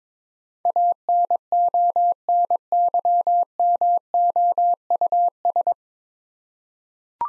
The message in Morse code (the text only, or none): ANONYMOUS